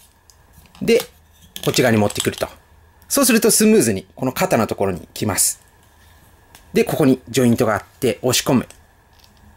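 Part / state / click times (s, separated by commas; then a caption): plastic joint peg into its socket on a transforming figure / not seated / none. Someone talks while handling a transforming toy figure, moving a plastic joint peg toward its socket during transformation. Faint handling clicks and taps sit between the speech. The joint is the kind that does not snap in with a click but is pushed in and held by friction, and the clip ends before it goes home, so nothing has seated yet.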